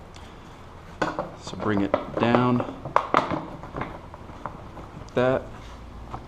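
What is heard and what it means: Someone talks while lowering a plastic body panel on a 2013 KLR 650 gen 2 motorcycle, bringing its small peg down toward a rubber grommet on the frame. There are sharp handling taps at about 3.0 and 3.2 seconds. The panel has not popped into place and nothing has seated yet.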